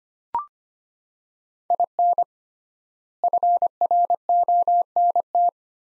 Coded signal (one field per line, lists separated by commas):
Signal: Morse code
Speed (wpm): 25 wpm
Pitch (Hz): 700 Hz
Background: none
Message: IN FRONT